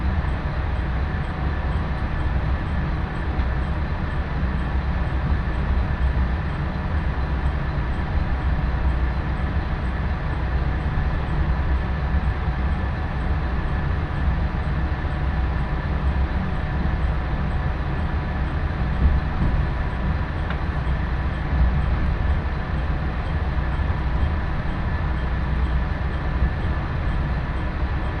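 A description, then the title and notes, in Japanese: A Nagaragawa Railway train, the Nagara No. 2, runs from Mino-shi toward Mino-Ota with a steady low rumble that barely changes for the whole stretch. A thin whine and faint ringing tones sit above the dense drone, with a slight rattle near the twenty-second mark. 耳で楽しむ鉄道旅 長良川鉄道 ながら２号 美濃市→美濃太田。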